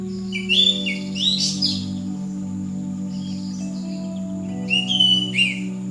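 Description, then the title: Bird singing two bursts of quick, sharp chirped notes separated by a long pause, with a constant low hum underneath. "SuaraBurung Kicau"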